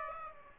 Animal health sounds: mosquito wingbeat signal from an infrared sensor; Aedes aegypti

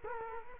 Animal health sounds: mosquito wingbeat signal from an infrared sensor; Culex quinquefasciatus

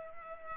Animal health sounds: mosquito wingbeat signal from an infrared sensor; Culex pipiens

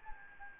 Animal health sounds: mosquito wingbeat signal from an infrared sensor; Anopheles arabiensis

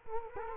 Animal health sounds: mosquito wingbeat signal from an infrared sensor; Culex quinquefasciatus

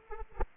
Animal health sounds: mosquito wingbeat signal from an infrared sensor; Anopheles arabiensis

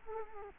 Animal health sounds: mosquito wingbeat signal from an infrared sensor; Culex quinquefasciatus

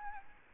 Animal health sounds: mosquito wingbeat signal from an infrared sensor; Aedes albopictus

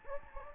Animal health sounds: mosquito wingbeat signal from an infrared sensor; Anopheles gambiae

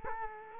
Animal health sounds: mosquito wingbeat signal from an infrared sensor; Culex quinquefasciatus

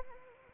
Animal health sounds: mosquito wingbeat signal from an infrared sensor; Anopheles arabiensis

